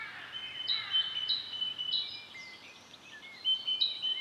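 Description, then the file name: Great tit giving a series of sharp two-part notes, with a short pause midway and soft rising whistles in the background. "Parus major"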